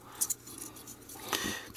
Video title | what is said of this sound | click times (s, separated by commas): Star Trek 2009 Blu Ray Free Model Review | okay so colour to colour so starboard goes in as red clicks into place it | 0.3 s, 1.4 s